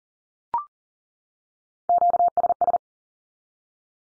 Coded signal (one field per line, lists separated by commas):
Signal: Morse code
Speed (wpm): 40 wpm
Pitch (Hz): 700 Hz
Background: none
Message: QSS